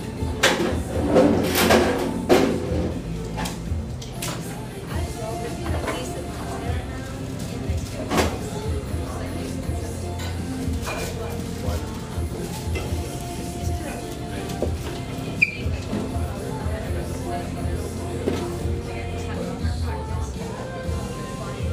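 Café murmur of overlapping voices over a steady low hum, with scattered clatter and knocks, busiest in the first few seconds.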